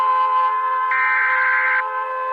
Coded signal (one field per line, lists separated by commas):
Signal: Emergency Alert System (SAME) tones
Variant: header bursts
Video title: EAS alarm animating part one [SECOND VIEWED]